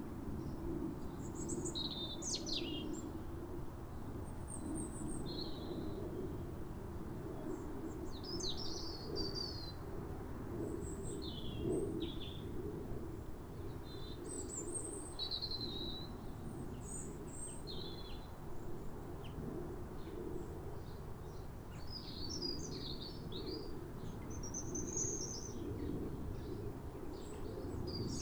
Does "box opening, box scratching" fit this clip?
no